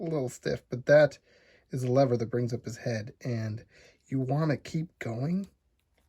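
Someone talks while handling the stiff plastic head-raising lever on a small transforming robot figure, which brings up its head. The lever is being worked but has not yet snapped into place; nothing has seated or clicked by the end of the clip.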